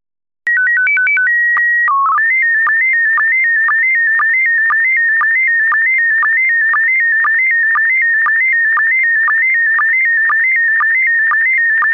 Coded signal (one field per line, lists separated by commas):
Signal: SSTV (slow-scan television)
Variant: PD 120